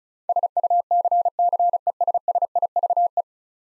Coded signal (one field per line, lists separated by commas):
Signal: Morse code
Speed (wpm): 36 wpm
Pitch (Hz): 700 Hz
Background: none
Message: SUCCESSIVE